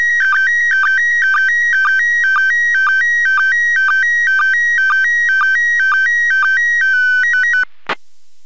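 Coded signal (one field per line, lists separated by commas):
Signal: SSTV (slow-scan television)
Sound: steady warbling tone switching between two pitches, short low blip about twice a second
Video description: Λήψη SSTV από τον διεθνή διαστημικό σταθμό (ISS) στα 2m (145.800)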